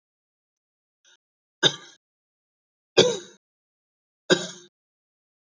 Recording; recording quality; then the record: shallow voluntary cough; excellent, no background noise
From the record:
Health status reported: healthy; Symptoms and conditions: none ticked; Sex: male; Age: 70 years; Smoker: not ticked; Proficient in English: yes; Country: India